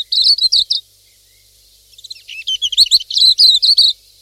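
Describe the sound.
Pleci silvereye giving rapid, high twittering chirps in a short burst, a pause, then a second longer run of thin, sweet notes.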